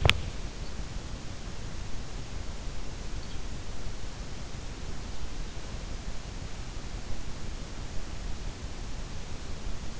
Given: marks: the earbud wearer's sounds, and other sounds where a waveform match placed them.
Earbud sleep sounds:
sounds in sleep by an in-ear microphone; body movement
0.00-0.68 s: body movement

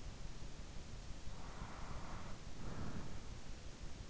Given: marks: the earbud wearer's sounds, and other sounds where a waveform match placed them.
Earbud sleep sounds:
sounds in sleep by an in-ear microphone; breath
1.13-3.97 s: breath

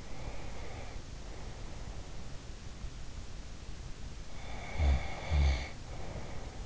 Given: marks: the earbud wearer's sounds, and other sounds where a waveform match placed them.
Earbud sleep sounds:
sounds in sleep by an in-ear microphone; breath, snoring breath
0.01-2.31 s: breath
4.49-6.65 s: snoring breath

